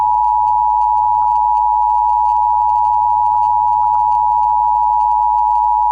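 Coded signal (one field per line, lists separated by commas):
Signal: Emergency Alert System (SAME) tones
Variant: 853 and 960 Hz attention tone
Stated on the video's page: Fictional alert scenario presented as a VHS recording of a TV broadcast, using valid SAME tones.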